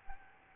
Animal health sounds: mosquito wingbeat signal from an infrared sensor; Aedes albopictus

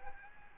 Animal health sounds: mosquito wingbeat signal from an infrared sensor; Aedes albopictus

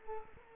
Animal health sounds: mosquito wingbeat signal from an infrared sensor; Culex quinquefasciatus

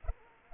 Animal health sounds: mosquito wingbeat signal from an infrared sensor; Culex pipiens

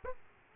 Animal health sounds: mosquito wingbeat signal from an infrared sensor; Aedes aegypti

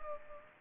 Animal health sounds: mosquito wingbeat signal from an infrared sensor; Culex pipiens

